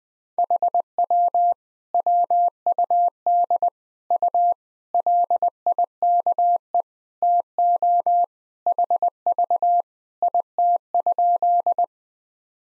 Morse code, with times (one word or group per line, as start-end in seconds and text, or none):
0.4-1.5 HW
1.9-3.7 WUD
4.1-4.5 U
4.9-6.8 LIKE
7.2-8.2 TO
8.7-9.8 HV
10.2-11.8 IT?